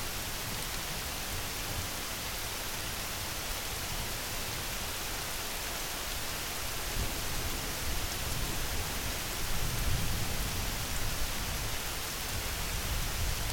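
Midnight rain falls as a steady, dense hiss with a bright, airy top and no separate drops standing out. The level stays nearly even throughout, with a slight swell and a fuller low rumble from about nine to eleven seconds.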